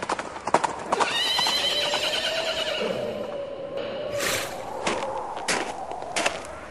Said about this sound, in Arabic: شايف يا حابس؟ شايف فارس على خيل سودة جاي علينا يا حابس.